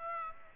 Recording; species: mosquito wingbeat signal from an infrared sensor; Aedes aegypti